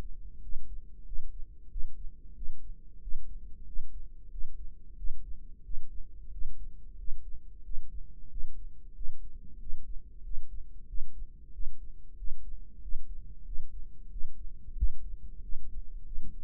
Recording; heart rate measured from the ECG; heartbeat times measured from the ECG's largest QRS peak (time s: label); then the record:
heart sounds by microphone in the right ear; 92 bpm
0.43 s: heartbeat
1.07 s: heartbeat
1.71 s: heartbeat
2.36 s: heartbeat
3.02 s: heartbeat
3.67 s: heartbeat
4.32 s: heartbeat
4.98 s: heartbeat
5.65 s: heartbeat
6.33 s: heartbeat
6.99 s: heartbeat
7.65 s: heartbeat
8.31 s: heartbeat
8.96 s: heartbeat
9.61 s: heartbeat
10.25 s: heartbeat
10.89 s: heartbeat
11.54 s: heartbeat
12.18 s: heartbeat
12.83 s: heartbeat
13.46 s: heartbeat
14.12 s: heartbeat
14.77 s: heartbeat
15.43 s: heartbeat
16.06 s: heartbeat
From the record:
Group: healthy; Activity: rest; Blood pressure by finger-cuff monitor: 142/71 mmHg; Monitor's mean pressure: 90 mmHg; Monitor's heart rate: 92 bpm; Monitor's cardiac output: 8.4 L/min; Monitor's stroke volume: 91 mL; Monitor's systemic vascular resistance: 790 dyn s/cm5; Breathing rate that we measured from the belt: 20 breaths a minute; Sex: male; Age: 21 years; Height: 175 cm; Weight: 72.6 kg